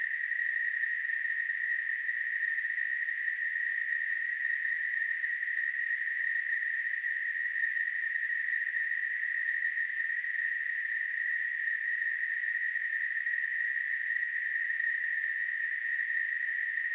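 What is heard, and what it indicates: A steady, high-pitched hissing ring holds unchanged for about seventeen seconds with no pauses or shifts in pitch. It is a simulated tinnitus sound, imitating the constant ringing or hissing heard in the ears.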